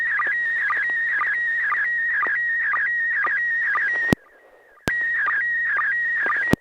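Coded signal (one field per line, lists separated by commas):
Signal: SSTV (slow-scan television)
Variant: PD120 mode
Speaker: this is going to be pd 120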